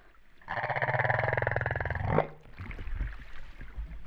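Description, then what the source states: Humpback whale: a loud, low, throbbing pulsed moan lasting nearly two seconds, then quieter grunts and rumbles. Recorded off Réunion on 13 September 2011, about 08:35.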